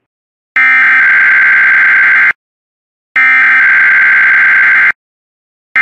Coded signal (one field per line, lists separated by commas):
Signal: Emergency Alert System (SAME) tones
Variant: header bursts